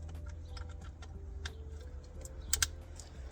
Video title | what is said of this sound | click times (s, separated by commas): Best most Simple Android Radio for Jeep Grand Cherokee (Install Step by Step) | you're going to hear a nice click | 2.5 s, 2.6 s